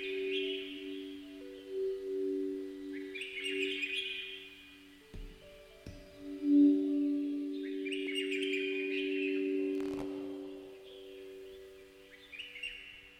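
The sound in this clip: Bird song in short warbling bursts of high chirps, repeated roughly every four seconds, over a steady low droning hum with a few clicks.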